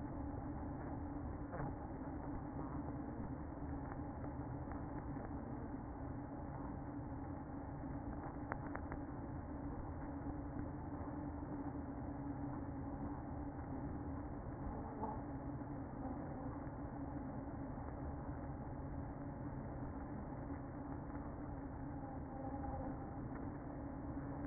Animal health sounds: honeybee colony, microphone inside the hive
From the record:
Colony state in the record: queen present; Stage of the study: after two queens were removed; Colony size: about 60,000 bees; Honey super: yes

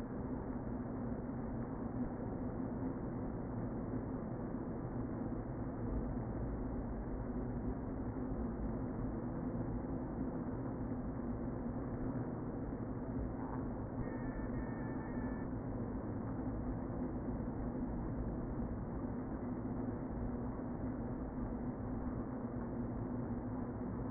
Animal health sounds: honeybee colony, microphone inside the hive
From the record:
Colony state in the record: queen present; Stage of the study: before two queens were removed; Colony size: about 60,000 bees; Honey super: yes

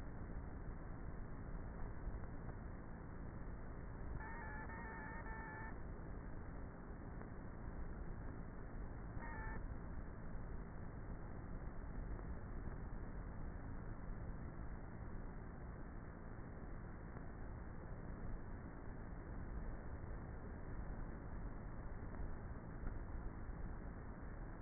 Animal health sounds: honeybee colony, microphone inside the hive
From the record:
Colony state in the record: queenless with a low population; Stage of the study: before two queens were removed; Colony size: about 30,000 bees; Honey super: no

